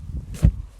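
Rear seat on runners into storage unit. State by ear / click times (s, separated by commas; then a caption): not seated / none. A rear seat on heavy-duty runners is slid back into the storage unit of a Renault Kangoo micro camper conversion to put the bed away. Low rumbling handling noise runs throughout, with a broad, brighter sliding burst starting around 0.3 s and a dull low thump near 0.45 s. Nothing has locked into place yet.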